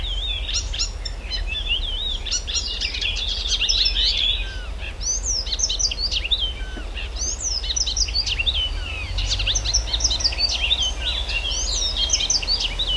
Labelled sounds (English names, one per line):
Icterine Warbler